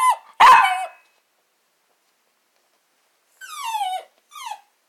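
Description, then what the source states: Small dog giving a couple of sharp barks, then silence, followed by two descending whining yelps. Small dog barking, with a piercing echo.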